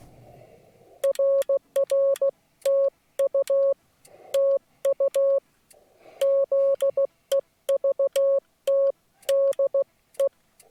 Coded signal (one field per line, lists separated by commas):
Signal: Morse code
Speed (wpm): 16 wpm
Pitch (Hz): 550 Hz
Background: none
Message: RRTU TU ZEVTDE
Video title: Morse Code from Mammoth Cave National Park